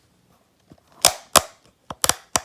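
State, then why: Seated. The adjustable plastic setting on a SICCE Shark ADV 800 aquarium internal filter is moved through its positions, giving a series of sharp plastic clicks. Clicks land at 1.1, 1.4, 2.0 and 2.4 seconds, with extra quieter clicks around them, and the setting locks in place.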